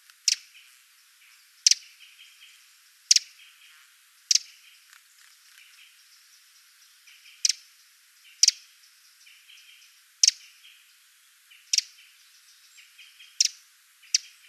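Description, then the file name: Eurasian wren uttering a series of single sharp tick calls at fairly even intervals with one longer pause, with faint chirps behind. "Troglodytes troglodytes"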